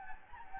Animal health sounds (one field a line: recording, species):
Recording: mosquito wingbeat signal from an infrared sensor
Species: Anopheles gambiae